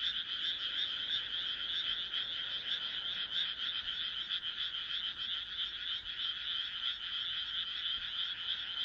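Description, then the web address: Frogs croaking in a thick chorus, a sustained high pulsing drone without pauses. "kaeru kaeru"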